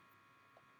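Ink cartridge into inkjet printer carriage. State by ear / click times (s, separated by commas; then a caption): not seated / none. A refillable ink cartridge is handled at the cartridge carriage of an Epson 7720/7710 inkjet printer, about to be pushed down until it snaps home. Only a steady hum and a faint soft bump near 0.6 s are heard. Nothing has seated or clicked yet.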